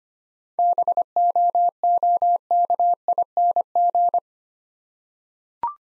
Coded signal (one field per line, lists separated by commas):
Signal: Morse code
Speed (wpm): 25 wpm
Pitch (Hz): 700 Hz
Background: none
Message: BOOKING